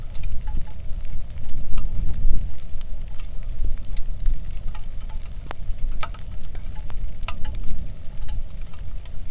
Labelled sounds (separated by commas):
wind, rain, animal